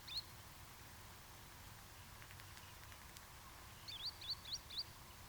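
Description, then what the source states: Green sandpiper calls: a single high whistled note, then after a pause a burst of about four clear whistles, with soft background hiss. Arne Moors.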